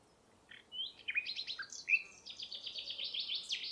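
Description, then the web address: Bird twittering: busy, jumbled high notes and short trills running together without pause. "Bird Only"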